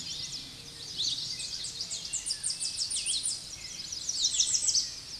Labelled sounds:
American Redstart (Setophaga ruticilla) song

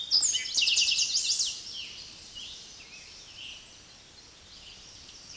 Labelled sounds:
Eastern Towhee (Pipilo erythrophthalmus) song

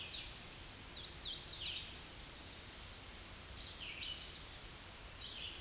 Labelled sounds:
Hooded Warbler (Setophaga citrina) song

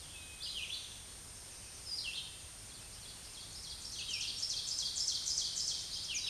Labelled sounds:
Ovenbird (Seiurus aurocapilla) song

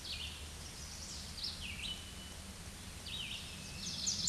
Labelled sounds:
Red-eyed Vireo (Vireo olivaceus) song

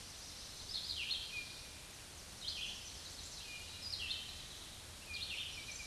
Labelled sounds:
Red-eyed Vireo (Vireo olivaceus) song

